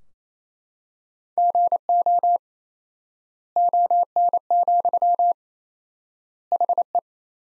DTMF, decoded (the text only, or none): none